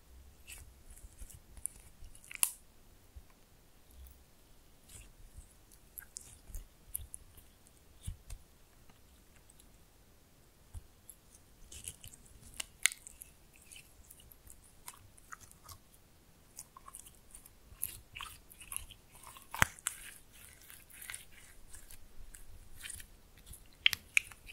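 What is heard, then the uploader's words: Slime being played with gives off a steady run of small wet clicks, squelches and crackles, scattered irregularly across the whole stretch. The pops are bright and sharp, a few louder ones standing out near the middle and the end, over a faint low rumble. ASMR Fun with Slime No Talking.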